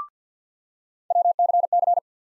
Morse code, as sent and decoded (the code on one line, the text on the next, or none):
.-- -.-. -.-.
WCC